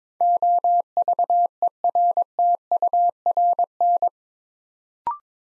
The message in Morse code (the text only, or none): OVERTURN